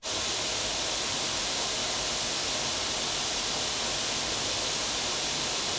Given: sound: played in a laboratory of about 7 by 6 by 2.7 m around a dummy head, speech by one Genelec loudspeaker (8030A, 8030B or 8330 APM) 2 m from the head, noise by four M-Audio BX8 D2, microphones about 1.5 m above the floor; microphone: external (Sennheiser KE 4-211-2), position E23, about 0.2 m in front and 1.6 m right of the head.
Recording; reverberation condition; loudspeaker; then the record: white noise; medium; four, about 170 cm from the corners of the room and facing them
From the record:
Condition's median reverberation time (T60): about 510 ms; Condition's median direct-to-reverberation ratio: about -0.5 dB